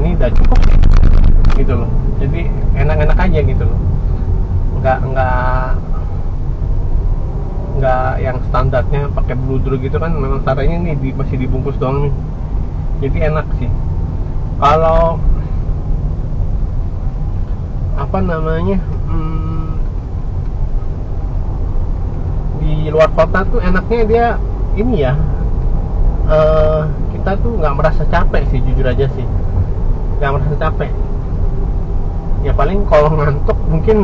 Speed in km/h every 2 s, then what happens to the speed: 29, 26, 24, 25, 25, 24, 23, 24, 24, 23, 22, 25, 29, 29, 31, 29, 29.
0-19 steady at about 24. 19-24 speeds up to 29. 24-34 steady at about 29.